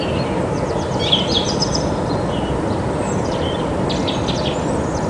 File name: Turdus philomelos